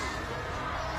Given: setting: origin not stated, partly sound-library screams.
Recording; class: one-second piece from a danger detection set; woman in danger